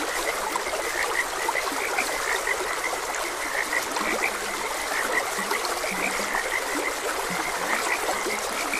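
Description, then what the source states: Frogs give quick repeated croaks in a continuous chorus, a few deeper calls mixed in, with steady stream noise throughout. Frogs croaking beside a gentle stream.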